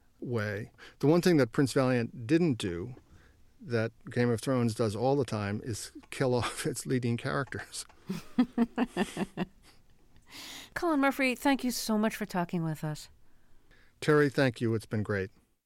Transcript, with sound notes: The one thing that "Prince Valiant" didn't do that "Game Of Thrones" does all the time is kill off its leading characters.
(Laughter) Cullen Murphy, thank you so much for talking with us.
Terry, thank you. It's been great.